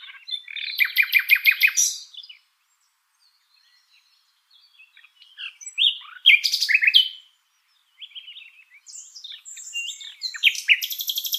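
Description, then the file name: Common nightingale song of separate phrases: a rapid pulsed trill, silence, a loud harsh chattering phrase, then a mix of high twitters and buzzy notes. "Luscinia megarhynchos"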